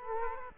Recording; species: mosquito wingbeat signal from an infrared sensor; Culex quinquefasciatus